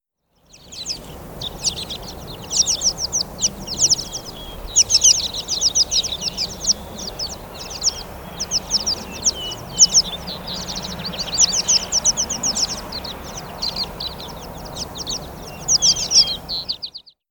American Pipit call recorded in Upper Beaver Meadows in Rocky Mountain National Park.